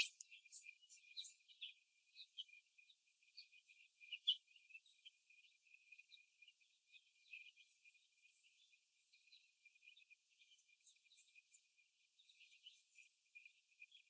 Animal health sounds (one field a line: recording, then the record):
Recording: young laying hens in a cage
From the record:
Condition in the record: before the stressor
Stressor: simulated dog barking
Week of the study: 1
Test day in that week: 2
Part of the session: 2